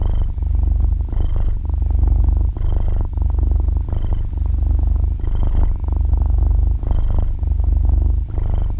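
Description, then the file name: Cat purring steadily, a low rattling hum in breath-length cycles, each cycle carrying a faint high whistly tone. Cat breathing with a purring sound, described in Vietnamese as 'thở kêu rù rù'. "tieng meo tho keu ru ru"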